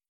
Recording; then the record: hydrophone in a shrimp aquaculture tank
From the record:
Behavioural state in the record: feeding